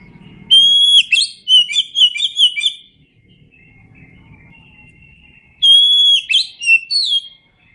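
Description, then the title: Oriental magpie-robin song: a long pure whistle followed by a rapid run of varied rich notes, in two bursts about five seconds apart. "Kacer Gacor"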